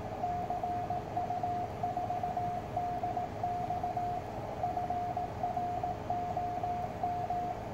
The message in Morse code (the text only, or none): CU4DX FROM